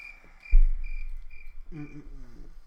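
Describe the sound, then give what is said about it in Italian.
Crickets chirp from below in a steady, high-pitched pulsing trill throughout, over a low rumble that starts half a second in, with a brief warbling tonal sound near the end. “Ed è lì che sentiamo i grilli di giù.”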